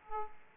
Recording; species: mosquito wingbeat signal from an infrared sensor; Aedes aegypti